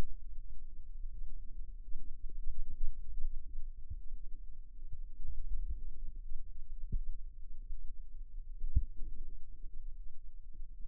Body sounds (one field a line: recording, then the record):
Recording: forearm muscle sounds (acoustic myography)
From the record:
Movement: radial deviation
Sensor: system 2, bracelet of six BSWA MPA416 microphones around the upper forearm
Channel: 6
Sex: female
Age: 23 years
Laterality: right